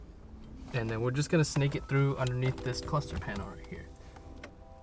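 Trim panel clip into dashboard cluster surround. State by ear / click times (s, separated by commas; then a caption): seated / 4.4 s. While an ambient light wire is routed under the cluster panel of a Lexus, a trim panel clip is pressed into the dashboard cluster surround as someone talks. One short, sharp click is heard at 4.4 s as the clip snaps in and seats.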